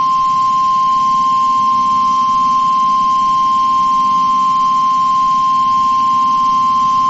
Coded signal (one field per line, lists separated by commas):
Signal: Emergency Alert System (SAME) tones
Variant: 1050 Hz attention tone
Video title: EAS Fire Warning on WXK38 for Hutchinson TX 1-14-2022